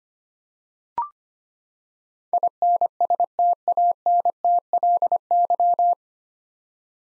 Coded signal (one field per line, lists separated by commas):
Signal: Morse code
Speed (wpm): 25 wpm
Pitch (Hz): 700 Hz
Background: none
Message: INSTANTLY